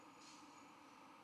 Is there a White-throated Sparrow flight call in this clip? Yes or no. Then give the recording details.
no. No flight call is heard. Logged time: 01:03 on 12 November 2014